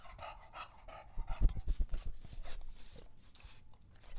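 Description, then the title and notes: English Bulldog panting in rapid breaths, louder in the middle. Male English Bulldog named Lucho drinking water from a bowl after a long walk, breathing heavily and out of breath between drinks. "English Bulldog Drinks from Water Bowl. listen to Lucho the English Bulldog as he tries to drink water after a long walk. Don't let his heavy breathing fool you in between drinks, he's equally out of breath from the walk"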